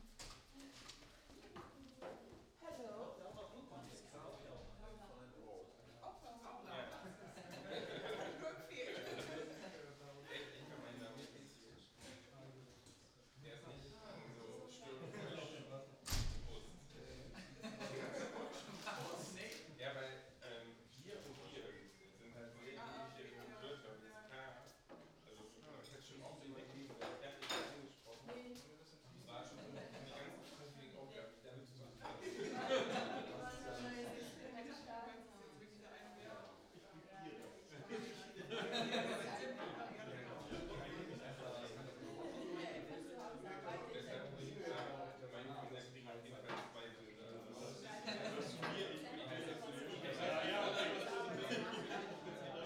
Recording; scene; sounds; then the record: everyday scene through a hearing-aid microphone; many people talking; many voices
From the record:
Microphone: in the ear canal, right